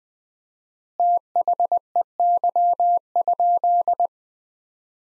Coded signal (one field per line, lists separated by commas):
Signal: Morse code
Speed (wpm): 20 wpm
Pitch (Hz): 700 Hz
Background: none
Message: THEY?